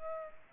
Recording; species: mosquito wingbeat signal from an infrared sensor; Culex pipiens